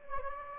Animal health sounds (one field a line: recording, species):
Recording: mosquito wingbeat signal from an infrared sensor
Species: Anopheles gambiae